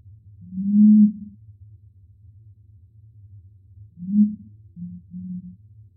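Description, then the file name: Curassow song of deep hums: a long booming note, a pause of about three seconds, then a shorter boom followed by two quick low notes, over a faint continuous drone. "Canto do mutum do norte"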